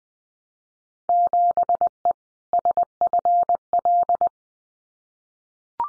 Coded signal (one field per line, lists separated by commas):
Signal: Morse code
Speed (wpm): 19 wpm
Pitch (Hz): 700 Hz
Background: none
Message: 7E SFL